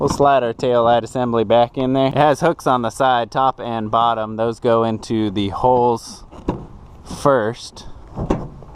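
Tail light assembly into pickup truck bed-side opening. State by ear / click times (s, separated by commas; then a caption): seated / 8.3 s. Someone talks while a tail light assembly on a 1988–1999 GM Chevy/GMC truck or SUV is slid back into its pickup truck bed-side opening, its side, top and bottom hooks going into the body holes first. The plastic housing is then pushed home and snaps into place with a sharp click at 8.3 s.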